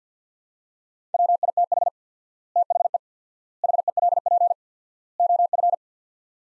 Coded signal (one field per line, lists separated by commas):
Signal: Morse code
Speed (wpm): 50 wpm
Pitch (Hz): 700 Hz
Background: none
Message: WITH THE HELP OF